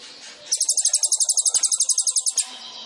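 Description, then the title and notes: Sunbird song: one fast, even trill of high piercing notes lasting about two seconds, over a faint steady background hiss. Indonesian masteran training recording for songbirds; described as full of isian and tembakan, suited as pancingan to provoke singing; gacor. "MASTERAN KOLIBRI NINJA TERBAIK FULL ISIAN DAN TEMBAKAN MEWAH COCOK BUAT PANCINGAN. Suara Burung Kolibri Ninja Gacor"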